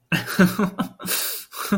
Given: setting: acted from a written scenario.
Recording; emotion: vocal sound without words; amusement